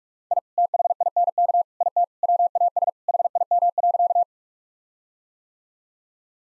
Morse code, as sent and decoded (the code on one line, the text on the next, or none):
.. / - .... .. -. -.- / .. - / .-- .- ... / .... .. -- .-.-.-
I THINK IT WAS HIM.